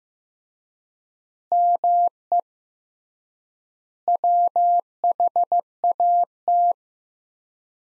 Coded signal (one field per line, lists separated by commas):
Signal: Morse code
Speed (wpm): 15 wpm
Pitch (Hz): 700 Hz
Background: none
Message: ME WHAT